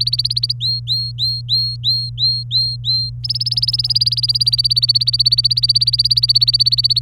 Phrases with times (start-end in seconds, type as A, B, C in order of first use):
0.00-0.52 A, 0.60-3.10 B, 3.24-7.01 A